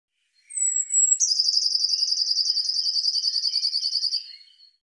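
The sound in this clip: Eurasian blue tit giving a sharp, high whistle followed by a long, evenly pulsed buzzy trill, slightly descending, lasting about three seconds.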